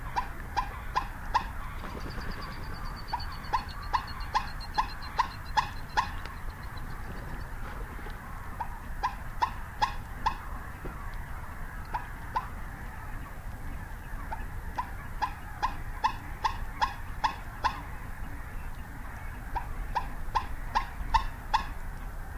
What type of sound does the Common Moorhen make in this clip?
call